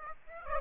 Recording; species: mosquito wingbeat signal from an infrared sensor; Aedes aegypti